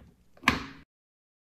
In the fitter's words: It runs over a small rail and as soon as you release the button, the armrest clicks back into place.